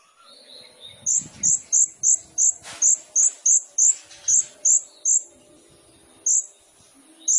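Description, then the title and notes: Sunbird song: a run of about a dozen sharp, very high chirps repeated steadily, then a pause and two more chirps, with faint lower twittering beneath. Indonesian masteran training recording of kolibri ninja, a full song with isian fills and tembakan bursts, described as gacor, meant as a lure to draw out other birds. "MASTERAN KOLIBRI NINJA FULL ISIAN DAN TEMBAKAN COCOK BUAT PANCINGAN. Suara Burung Kolibri Ninja Gacor"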